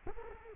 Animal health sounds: mosquito wingbeat signal from an infrared sensor; Culex quinquefasciatus

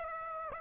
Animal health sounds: mosquito wingbeat signal from an infrared sensor; Aedes aegypti

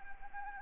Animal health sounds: mosquito wingbeat signal from an infrared sensor; Anopheles gambiae

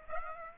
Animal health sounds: mosquito wingbeat signal from an infrared sensor; Aedes aegypti

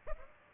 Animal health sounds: mosquito wingbeat signal from an infrared sensor; Aedes aegypti

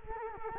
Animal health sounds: mosquito wingbeat signal from an infrared sensor; Culex quinquefasciatus

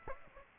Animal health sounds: mosquito wingbeat signal from an infrared sensor; Aedes aegypti

